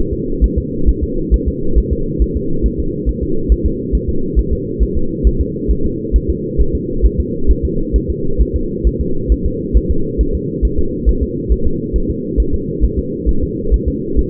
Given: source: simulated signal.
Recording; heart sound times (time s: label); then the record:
fetal heart sounds
0.13 s: S2
0.44 s: S1
0.58 s: S2
0.89 s: S1
1.03 s: S2
1.34 s: S1
1.48 s: S2
1.78 s: S1
1.93 s: S2
2.22 s: S1
2.37 s: S2
2.66 s: S1
2.80 s: S2
3.09 s: S1
3.23 s: S2
3.52 s: S1
3.66 s: S2
3.95 s: S1
4.09 s: S2
4.39 s: S1
4.53 s: S2
4.83 s: S1
4.97 s: S2
5.27 s: S1
5.41 s: S2
5.71 s: S1
5.86 s: S2
6.16 s: S1
6.30 s: S2
6.61 s: S1
6.75 s: S2
7.06 s: S1
7.20 s: S2
7.51 s: S1
7.65 s: S2
7.96 s: S1
8.10 s: S2
8.41 s: S1
8.56 s: S2
8.87 s: S1
9.01 s: S2
9.32 s: S1
9.46 s: S2
9.77 s: S1
9.91 s: S2
10.21 s: S1
10.35 s: S2
10.65 s: S1
10.79 s: S2
11.09 s: S1
11.23 s: S2
11.52 s: S1
11.67 s: S2
11.96 s: S1
12.10 s: S2
12.40 s: S1
12.54 s: S2
12.84 s: S1
12.99 s: S2
13.29 s: S1
13.43 s: S2
13.74 s: S1
13.88 s: S2
14.19 s: S1
From the record:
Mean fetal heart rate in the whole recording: 135 bpm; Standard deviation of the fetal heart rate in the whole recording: 3 bpm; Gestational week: 34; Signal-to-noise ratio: -8.1 dB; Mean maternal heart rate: 72 bpm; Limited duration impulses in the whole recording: absent